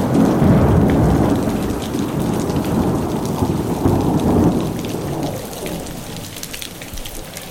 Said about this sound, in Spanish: Y cuando se acabó la luz, empezó a llover fuerte, fuerte, fuerte, fuerte.